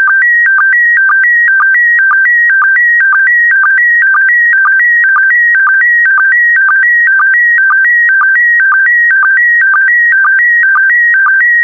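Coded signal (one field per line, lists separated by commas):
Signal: SSTV (slow-scan television)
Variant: PD120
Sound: warbling tone alternating between two pitches, with a short low blip every half-second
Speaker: the next image transmission will start in 10 seconds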